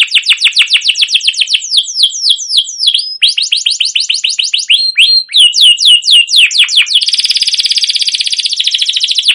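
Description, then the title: Canary song made of rapid repeated downslurred notes in quick trills, changing phrase every couple of seconds, ending in a dense high buzzing trill. Canary with a long, continuous rolling song in full voice, used as a lure to get other canaries singing. "CUIT CUIT NGEROL LANGSUNG GACOR PANJANG Kenari Ini AMPUH Utk Pancingan KENARI"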